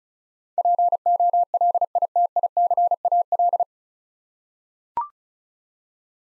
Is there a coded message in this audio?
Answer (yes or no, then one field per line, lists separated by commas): yes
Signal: Morse code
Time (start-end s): 0.6-3.6 s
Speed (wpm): 36 wpm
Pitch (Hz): 700 Hz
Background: none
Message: POLITICAL